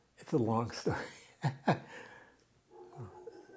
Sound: chuckles

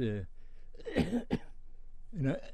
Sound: coughs

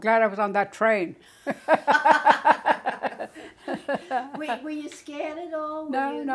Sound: laughs

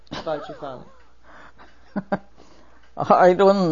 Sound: chuckles

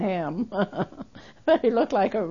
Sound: she laughs

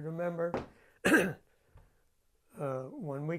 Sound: he clears his throat

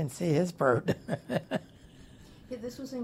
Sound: laughs

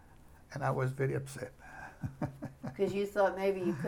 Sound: chuckles

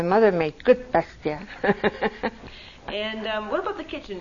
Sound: laughs

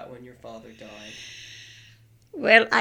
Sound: she sighs

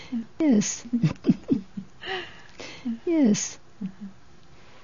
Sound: she laughs

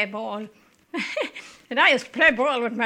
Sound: she laughs

